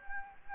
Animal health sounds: mosquito wingbeat signal from an infrared sensor; Anopheles gambiae

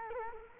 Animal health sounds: mosquito wingbeat signal from an infrared sensor; Culex quinquefasciatus

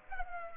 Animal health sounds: mosquito wingbeat signal from an infrared sensor; Culex pipiens

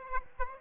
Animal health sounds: mosquito wingbeat signal from an infrared sensor; Aedes aegypti

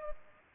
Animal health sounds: mosquito wingbeat signal from an infrared sensor; Culex pipiens

